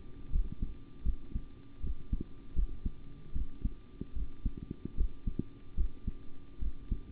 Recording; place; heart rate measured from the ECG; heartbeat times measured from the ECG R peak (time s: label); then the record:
heart sounds by stethoscope; between the tricuspid and mitral areas; 76 bpm
0.30 s: heartbeat
1.03 s: heartbeat
1.81 s: heartbeat
2.54 s: heartbeat
3.33 s: heartbeat
4.14 s: heartbeat
4.95 s: heartbeat
5.76 s: heartbeat
6.59 s: heartbeat
From the record:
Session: rest, sitting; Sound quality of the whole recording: good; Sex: male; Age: 25 years